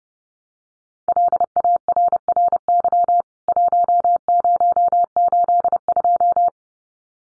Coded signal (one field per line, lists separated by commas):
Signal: Morse code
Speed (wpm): 30 wpm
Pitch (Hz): 700 Hz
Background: none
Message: LARRY 1082